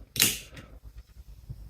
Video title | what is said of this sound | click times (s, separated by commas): Bosch Aero Twin #install #bosch #diy | snap the lock into place. | 0.2 s